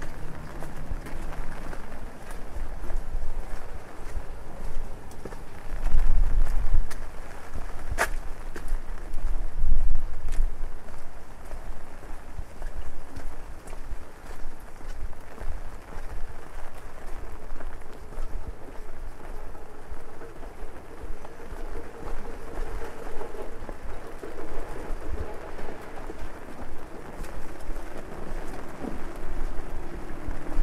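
Rain patters steadily on an umbrella while walking through a busy city street at night. A low rumble of traffic runs underneath, with heavier vehicle swells around six and ten seconds and a sharp tap near eight seconds.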